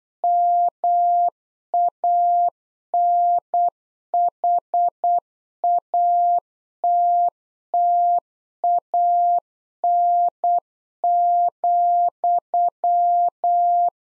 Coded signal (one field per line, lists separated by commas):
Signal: Morse code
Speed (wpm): 8 wpm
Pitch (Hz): 700 Hz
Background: none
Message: MANHATTAN,